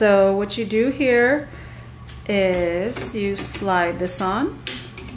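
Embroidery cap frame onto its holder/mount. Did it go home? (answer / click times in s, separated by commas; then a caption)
no / none. Someone talks while sliding a metal cap hooping frame onto its holder on a Melco EMT16X embroidery machine setup, with faint handling noise between the words. The frame is still being handled and has not clicked or seated into place yet when the clip ends.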